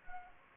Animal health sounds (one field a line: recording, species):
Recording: mosquito wingbeat signal from an infrared sensor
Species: Anopheles gambiae